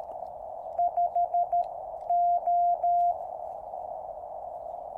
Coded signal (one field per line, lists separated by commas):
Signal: Morse code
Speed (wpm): 13 wpm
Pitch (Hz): 700 Hz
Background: none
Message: 5 O